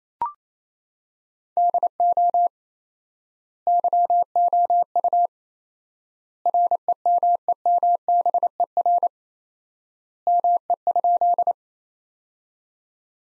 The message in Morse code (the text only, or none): DO YOU REMEMBER ME?